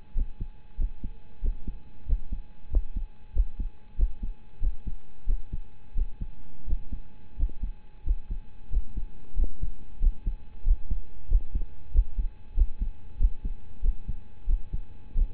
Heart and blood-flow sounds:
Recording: heart sounds by stethoscope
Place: between the tricuspid and mitral areas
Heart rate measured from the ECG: 92 bpm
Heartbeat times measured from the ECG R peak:
0.14 s: heartbeat
0.77 s: heartbeat
1.41 s: heartbeat
2.05 s: heartbeat
2.69 s: heartbeat
3.33 s: heartbeat
3.96 s: heartbeat
4.60 s: heartbeat
5.26 s: heartbeat
5.94 s: heartbeat
6.65 s: heartbeat
7.36 s: heartbeat
8.03 s: heartbeat
8.69 s: heartbeat
9.35 s: heartbeat
9.99 s: heartbeat
10.63 s: heartbeat
11.28 s: heartbeat
11.91 s: heartbeat
12.54 s: heartbeat
13.17 s: heartbeat
13.81 s: heartbeat
14.46 s: heartbeat
15.14 s: heartbeat
From the record:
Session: rest, lying down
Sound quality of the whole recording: partially saturated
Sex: male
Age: 25 years

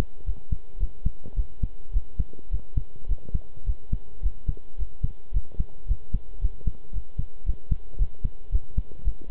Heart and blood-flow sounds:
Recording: heart sounds by stethoscope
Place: between the tricuspid and mitral areas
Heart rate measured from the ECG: 109 bpm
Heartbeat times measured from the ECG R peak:
0.26 s: heartbeat
0.80 s: heartbeat
1.36 s: heartbeat
1.93 s: heartbeat
2.51 s: heartbeat
3.08 s: heartbeat
3.66 s: heartbeat
4.23 s: heartbeat
4.78 s: heartbeat
5.33 s: heartbeat
5.88 s: heartbeat
6.41 s: heartbeat
6.93 s: heartbeat
7.46 s: heartbeat
7.98 s: heartbeat
8.52 s: heartbeat
9.04 s: heartbeat
From the record:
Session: pedaling a stationary bicycle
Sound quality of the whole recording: good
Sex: male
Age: 23 years

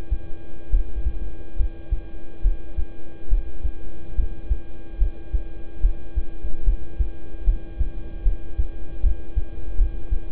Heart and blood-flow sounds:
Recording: heart sounds by stethoscope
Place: between the tricuspid and mitral areas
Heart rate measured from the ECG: 73 bpm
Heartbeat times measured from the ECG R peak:
0.70 s: heartbeat
1.56 s: heartbeat
2.42 s: heartbeat
3.28 s: heartbeat
4.15 s: heartbeat
4.98 s: heartbeat
5.81 s: heartbeat
6.64 s: heartbeat
7.44 s: heartbeat
8.23 s: heartbeat
9.01 s: heartbeat
9.76 s: heartbeat
From the record:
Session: rest, lying down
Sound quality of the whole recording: good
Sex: male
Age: 26 years

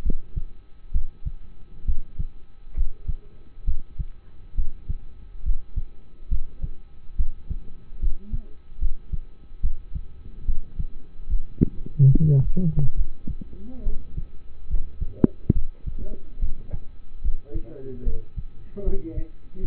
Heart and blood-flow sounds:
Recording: heart sounds by stethoscope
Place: between the tricuspid and mitral areas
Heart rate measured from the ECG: 71 bpm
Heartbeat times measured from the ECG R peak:
0.03 s: heartbeat
0.92 s: heartbeat
1.86 s: heartbeat
2.75 s: heartbeat
3.65 s: heartbeat
4.55 s: heartbeat
5.43 s: heartbeat
6.29 s: heartbeat
7.17 s: heartbeat
8.00 s: heartbeat
8.79 s: heartbeat
9.61 s: heartbeat
10.46 s: heartbeat
11.27 s: heartbeat
12.09 s: heartbeat
12.95 s: heartbeat
13.84 s: heartbeat
14.68 s: heartbeat
15.53 s: heartbeat
16.40 s: heartbeat
17.22 s: heartbeat
18.04 s: heartbeat
18.84 s: heartbeat
19.60 s: heartbeat
From the record:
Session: rest, lying down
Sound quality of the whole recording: partially saturated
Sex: male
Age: 27 years

